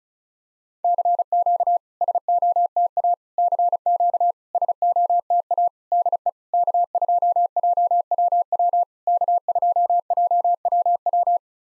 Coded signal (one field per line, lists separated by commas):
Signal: Morse code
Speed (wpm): 36 wpm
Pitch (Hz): 700 Hz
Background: none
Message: CQ SOTA CQ SOTA DE K2JWW K2JWW